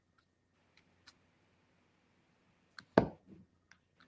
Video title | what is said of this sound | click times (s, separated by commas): WIP AND CHAT | there you go that sound you just | 3.0 s